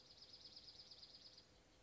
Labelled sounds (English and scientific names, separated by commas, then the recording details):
Dark-eyed Junco (Junco hyemalis)
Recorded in Sonoma County, California